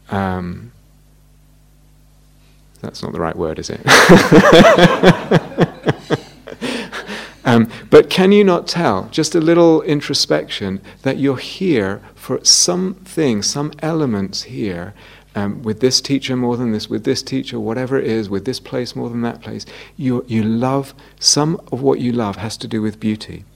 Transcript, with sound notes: That's not the right word, is it? [laughter] But can you not tell, just a little introspection, that you're here for some thing, some elements here, with this teacher more than this one, whatever it is, with this place more than that place -- some of what you love has to do with beauty.